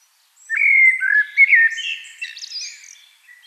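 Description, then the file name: Eurasian blackbird song: a loud fluted phrase, then softer, scratchy twittering with higher notes. "Turdus merula"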